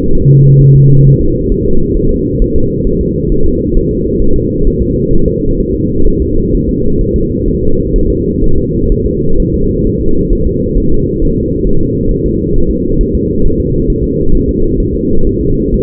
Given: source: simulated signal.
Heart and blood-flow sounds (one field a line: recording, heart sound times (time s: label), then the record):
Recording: fetal heart sounds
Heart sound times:
0.15 s: S1
0.29 s: S2
0.61 s: S1
0.76 s: S2
1.07 s: S1
1.21 s: S2
1.52 s: S1
1.66 s: S2
1.97 s: S1
2.11 s: S2
2.42 s: S1
2.56 s: S2
2.87 s: S1
3.01 s: S2
3.32 s: S1
3.46 s: S2
3.77 s: S1
3.91 s: S2
4.22 s: S1
4.36 s: S2
4.67 s: S1
4.82 s: S2
5.13 s: S1
5.28 s: S2
5.60 s: S1
5.75 s: S2
6.07 s: S1
6.22 s: S2
6.54 s: S1
6.69 s: S2
7.01 s: S1
7.16 s: S2
7.48 s: S1
7.63 s: S2
7.96 s: S1
8.10 s: S2
8.44 s: S1
8.58 s: S2
8.92 s: S1
9.06 s: S2
9.40 s: S1
9.54 s: S2
9.87 s: S1
10.01 s: S2
10.33 s: S1
10.47 s: S2
10.78 s: S1
10.92 s: S2
11.22 s: S1
11.37 s: S2
11.67 s: S1
11.81 s: S2
12.11 s: S1
12.26 s: S2
12.56 s: S1
12.71 s: S2
13.01 s: S1
13.15 s: S2
13.45 s: S1
13.60 s: S2
13.90 s: S1
14.04 s: S2
14.35 s: S1
14.49 s: S2
14.80 s: S1
14.95 s: S2
15.27 s: S1
15.41 s: S2
15.74 s: S1
From the record:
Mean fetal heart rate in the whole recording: 130 bpm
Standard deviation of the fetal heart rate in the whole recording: 4 bpm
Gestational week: 38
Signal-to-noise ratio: -19.1 dB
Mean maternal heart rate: 72 bpm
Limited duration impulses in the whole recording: present